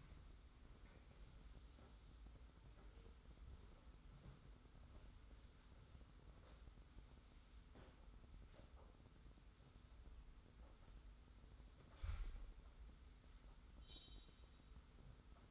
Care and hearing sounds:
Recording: daily activity, microphone in the room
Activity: sweep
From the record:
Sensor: 3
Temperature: 25.5 degrees Celsius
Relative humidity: 40.5%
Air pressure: 991.3 hPa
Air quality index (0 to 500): 141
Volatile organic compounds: 321 ppm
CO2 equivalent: 4526 ppm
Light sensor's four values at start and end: 54/145/59/53 and 54/146/59/53

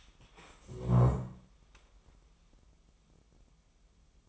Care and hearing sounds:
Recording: daily activity, microphone in the room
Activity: stand up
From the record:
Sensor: 1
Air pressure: 1005.1 hPa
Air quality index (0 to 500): 124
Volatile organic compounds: 5 ppm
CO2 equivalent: 1741 ppm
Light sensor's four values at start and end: 11/27/11/12 and 11/26/10/11

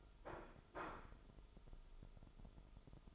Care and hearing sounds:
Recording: daily activity, microphone in the room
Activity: place plate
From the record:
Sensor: 5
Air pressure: 988.7 hPa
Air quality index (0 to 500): 236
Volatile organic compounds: 201 ppm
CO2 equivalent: 4218 ppm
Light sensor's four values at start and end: 40/125/48/51 and 40/125/48/51

